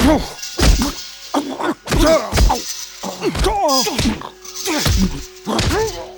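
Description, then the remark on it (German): A rapid flurry of heavy blows rains down on the heads of men pinned on their backs in a street, about eight loud thwacking hits in uneven succession, mixed with strained, pained vocal grunts and cries between the strikes. “Sie hocken sich auf sie und ein Hagel von Schlägen geht auf ihre Köpfe nieder.”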